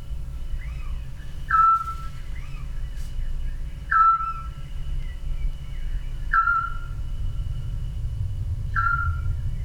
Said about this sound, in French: Et là, on y suit pendant quelques minutes la vie d'une famille de petits ducs. Et voilà, je trouve cette pièce d'une très grande tendresse.